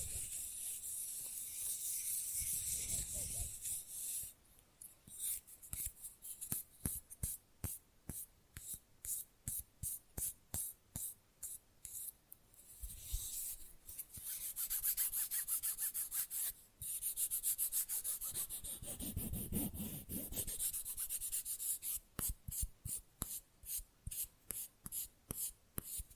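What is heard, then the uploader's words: Fast and rough nail filing, bright scratchy strokes in rapid bursts, with longer grinding passes near the start, middle and around twenty seconds. Manicure Session Fast & Rough Nail Filing + Tapping.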